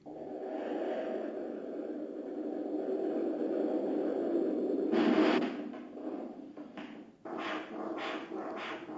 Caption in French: Ici, le fonctionnement valvulaire peu perturbé à l'auscultation Doppler n'est pas une preuve que l'origine de l'ulcère ne soit pas veineuse. La pression. Artérielle normale à la cheville indique qu'il n'y a pas d'insuffisance artérielle.